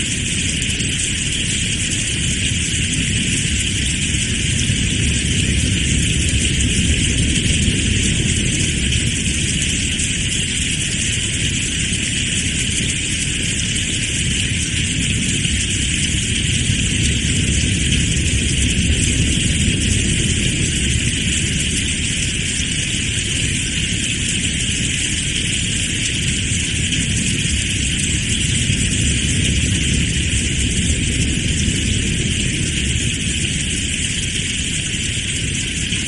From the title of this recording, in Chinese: 自然下雨声：大风和雨声